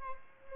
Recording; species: mosquito wingbeat signal from an infrared sensor; Aedes albopictus